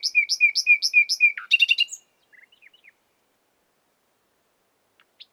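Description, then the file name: Common nightingale song: a string of repeated paired notes, a fast rattled trill, then a few soft scattered notes and a brief final chip. "Luscinia megarhynchos"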